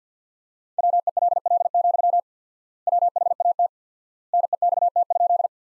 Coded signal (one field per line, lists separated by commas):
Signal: Morse code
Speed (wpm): 50 wpm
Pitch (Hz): 700 Hz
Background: none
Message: WELL, WHAT NEXT?